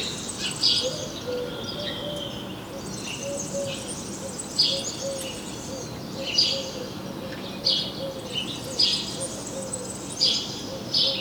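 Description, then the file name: House sparrow chirping calls, harsh bursts repeated about every second or two, with a steady run of low tonal notes underneath. "Passer domesticus"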